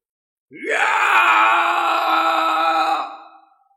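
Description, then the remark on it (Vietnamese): A single loud, sustained roaring shout from an old man, a sect leader charging to meet a powerful enemy, rising sharply in pitch at the start, holding strong and rough for over two seconds, then trailing off. “Một tiếng gào to, con mắt của lão giáo chủ kim cương môn trông rất đáng sợ, giống như ngọn đèn bạc đang cháy.”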